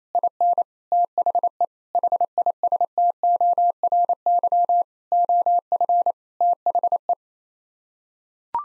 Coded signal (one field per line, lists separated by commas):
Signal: Morse code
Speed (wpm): 28 wpm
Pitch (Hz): 700 Hz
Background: none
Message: IN THE HISTORY OF THE